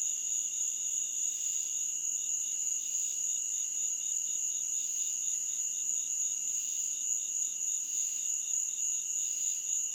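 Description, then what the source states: Cicada: continuous high insect drone of cicadas, with a quicker pulsed rattle fading in and out over the constant buzz. Cicadas on 25 August 2013 at 10:09 PM, at night.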